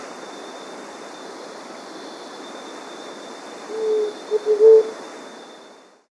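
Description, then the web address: Large-tailed dove giving one low, soft cooing phrase near the end, a longer note then a few short ones, over steady hiss and a faint high whine. South America. "Natures Songs S America Large-Tailed Dove (Leptotila Megalur"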